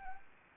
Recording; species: mosquito wingbeat signal from an infrared sensor; Anopheles arabiensis